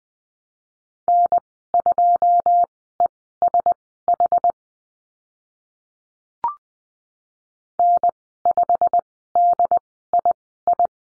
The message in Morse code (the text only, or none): N2ESH N5DII